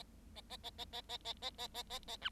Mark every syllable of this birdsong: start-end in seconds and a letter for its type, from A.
0.35-0.41 A, 0.49-0.57 A, 0.63-0.70 A, 0.78-0.85 A, 0.92-1.01 A, 1.09-1.17 A, 1.25-1.33 A, 1.42-1.50 A, 1.58-1.68 A, 1.74-1.83 A, 1.90-1.99 A, 2.08-2.16 A, 2.21-2.29 B